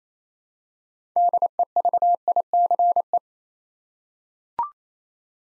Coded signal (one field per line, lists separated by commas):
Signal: Morse code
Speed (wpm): 28 wpm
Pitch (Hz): 700 Hz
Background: none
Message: DEVICE